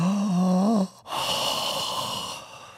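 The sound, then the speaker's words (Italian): A short wavering voiced hum gives way to a long, loud, breathy rush of air, a deep open-mouthed breath that slowly fades, performed by a person demonstrating the ten deep morning breaths Barbara D'Urso describes in her new book. “Appena si sveglia al mattino fa 10 respironi così a bocca aperta.”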